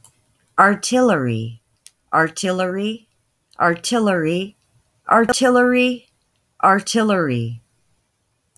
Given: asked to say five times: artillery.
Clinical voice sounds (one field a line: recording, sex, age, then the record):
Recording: repeated word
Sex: female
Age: 20 to 29 years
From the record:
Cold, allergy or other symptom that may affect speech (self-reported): no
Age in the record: 28 years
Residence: Texas, United States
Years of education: 16